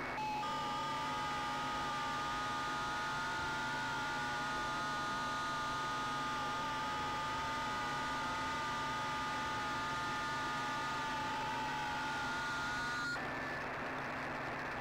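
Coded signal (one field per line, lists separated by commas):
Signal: FT8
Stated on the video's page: Uncut real-world FT8 session on 20 m using WSJT-X, including missed QSOs.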